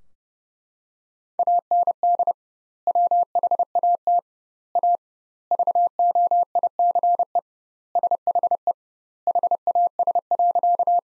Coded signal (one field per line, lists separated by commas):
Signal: Morse code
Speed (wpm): 30 wpm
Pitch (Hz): 700 Hz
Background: none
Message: AND WHAT A VOICE SHE HAS.